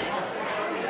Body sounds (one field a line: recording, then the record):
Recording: coughing mixed with background sound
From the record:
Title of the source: 61 morning phlegmy cough...again